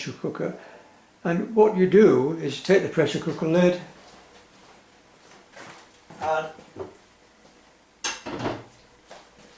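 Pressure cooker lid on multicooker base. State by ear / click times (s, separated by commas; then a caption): not seated / none. A pressure cooker lid is picked up and set down the right way round on its multicooker base while someone talks. A brief knock is heard near 9.1 s as the lid is set down. The lid has not yet been turned to lock, so nothing has seated or clicked yet.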